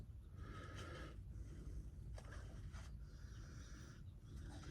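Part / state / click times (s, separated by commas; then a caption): plastic air vent into dashboard opening / not seated / none. A plastic Mitsubishi Eclipse air vent is pushed down into the dashboard opening of a 2004-2006 Scion xB, making bursts of plastic scraping and rubbing with a brief sharper knock around 2.2 seconds. Nothing has clicked or seated; the vent does not go in because it is not turned the right way.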